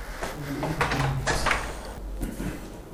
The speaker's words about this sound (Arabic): بس ممكن انه نفتح الباب عشان نشوف اخونا